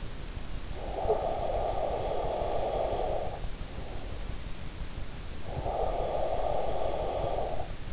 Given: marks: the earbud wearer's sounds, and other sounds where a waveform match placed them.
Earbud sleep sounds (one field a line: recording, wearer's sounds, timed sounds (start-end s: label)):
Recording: sounds in sleep by an in-ear microphone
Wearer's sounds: breath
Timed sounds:
0.75-3.81 s: breath
5.30-7.93 s: breath